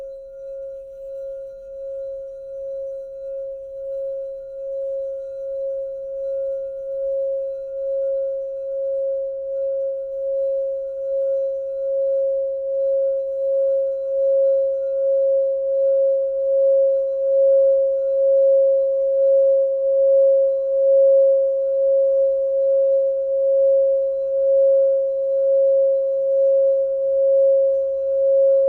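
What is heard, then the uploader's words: A crystal singing bowl sustains one pure, steady tone in the middle range for the whole stretch, with faint higher overtones above it. The sound pulses gently in a slow, regular wobble and grows slightly louder over time, with a soft low rumble underneath. I was guided to record 7 crystal singing bowl clips to each represents one of 7 sacred flames AKA 7 sacred rays.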